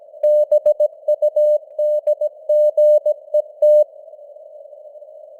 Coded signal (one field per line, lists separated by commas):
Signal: Morse code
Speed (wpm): 17 wpm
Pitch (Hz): 600 Hz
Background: none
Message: BUDGET